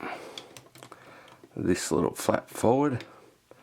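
A small plastic chest flap is handled on a FansToys FT-04 Scoria plastic transforming robot toy, before the head is folded away and the panel closed over it. Someone talks over a few small, sharp plastic taps and clicks of handling near the start. Nothing has seated or clicked shut yet.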